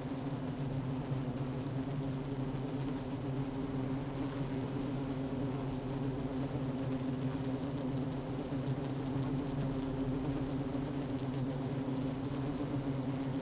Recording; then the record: honeybee colony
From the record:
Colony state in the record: active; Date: 12 June 2018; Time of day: 10:04